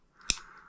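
After an earlier failed try, the stiff wire bail arm on a spinning reel is pushed over again and snaps into place with a single sharp click at 0.3 s. A faint ringing tail follows, and the bail arm is now clicked over and seated.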